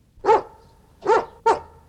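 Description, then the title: Dog yelping three times: short sharp yips, the last two coming close together. "Solfège de l'objet sonore. jappement de chien"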